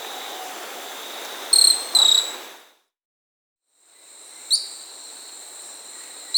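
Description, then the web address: Short-tailed pygmy-tyrant giving two sharp, high chips, then a gap of silence and two more chips, over steady high insect-like trilling. Peru, Amazon. "Birds of the Amazon 3. Short-tailed Pygmy-Tyrant (Myiornis ecaudatus), Peru"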